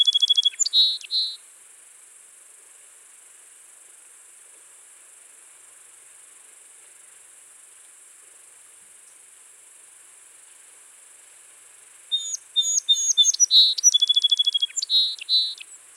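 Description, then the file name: Song sparrow singing twice: the tail of one song, a long pause of quiet hiss, then a full song of quick opening notes, a fast trill and buzzy closing phrases. "Melospiza melodia - Song Sparrow"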